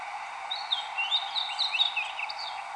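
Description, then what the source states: Fox sparrow calls: a loose scatter of short, high chirps and slurred notes coming irregularly throughout over a steady background hiss. Recorded 27 March at 9:55 am.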